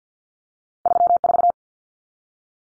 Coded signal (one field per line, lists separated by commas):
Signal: Morse code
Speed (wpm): 50 wpm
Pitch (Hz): 700 Hz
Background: none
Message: 34